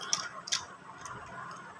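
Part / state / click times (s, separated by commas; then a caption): spinning top into its launcher / not seated / none. Someone tries to mount a plastic spinning top (a Beyblade) onto its plastic launcher, making short plastic ticks at about 0.1 s and 0.5 s over a faint hiss. These are attempts that do not engage, so the top still won't fit and nothing has seated or clicked yet.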